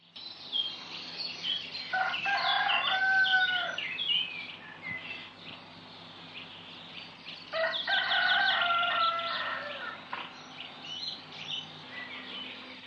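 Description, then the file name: Rooster crowing twice, drawn-out harmonic crows around two and eight seconds in, with a softer trailing call later over faint background hum. "hahn"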